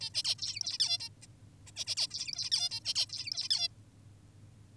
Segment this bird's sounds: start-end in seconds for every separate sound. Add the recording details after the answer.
0.01-0.10, 0.15-0.23, 0.25-0.35, 0.39-0.78, 0.80-0.98, 1.00-1.09, 1.23-1.27, 1.67-1.71, 1.76-1.85, 1.87-1.95, 1.97-2.07, 2.11-2.50, 2.52-2.70, 2.71-2.80, 2.85-2.94, 2.95-3.06, 3.09-3.48, 3.51-3.68. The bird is an adult. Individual g19o10U